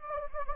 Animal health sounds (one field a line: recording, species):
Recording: mosquito wingbeat signal from an infrared sensor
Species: Anopheles gambiae